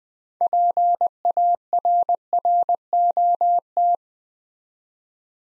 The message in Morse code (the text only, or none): PARROT